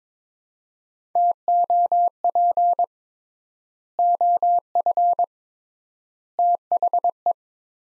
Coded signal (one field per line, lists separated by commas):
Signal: Morse code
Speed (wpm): 21 wpm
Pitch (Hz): 700 Hz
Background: none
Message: TOP OF THE